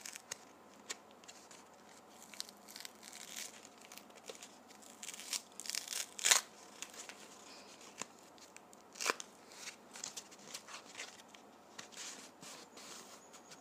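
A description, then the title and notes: Toilet paper rustles and crinkles, with irregular soft crackles and a sharper tear around six seconds. ASMR Toilet Paper.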